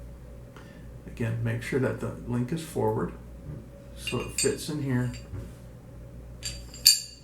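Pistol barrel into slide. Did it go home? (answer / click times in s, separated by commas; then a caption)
yes / 6.9 s. During reassembly of a Springfield Armory 1911 GI pistol, someone talks while putting the steel barrel back into the slide with the link forward. The barrel seats in the slide with a sharp metallic clink at 6.9 s and locks into place.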